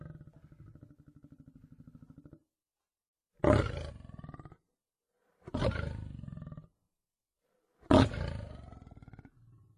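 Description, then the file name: Lion roaring, a low pulsing rumble followed by three deep, powerful roars spaced about two seconds apart, each fading into a throaty tail. "lev rev"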